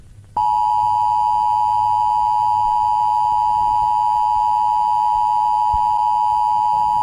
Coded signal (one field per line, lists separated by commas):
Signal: Emergency Alert System (SAME) tones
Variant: 853 and 960 Hz attention tone